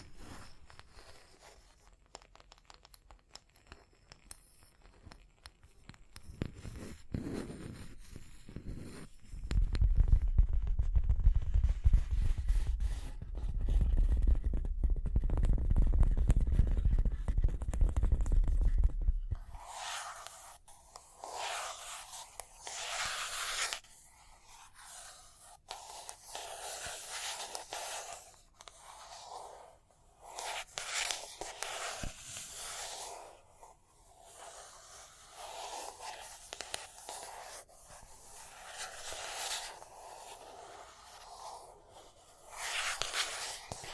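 Tapping and scratching, opening with soft, irregular knocks that build into a dense, low, rumbling run of thumps from about 7 to 19 seconds. After that the sound turns bright and rasping, with uneven bursts of scratching and sharp taps through to the end.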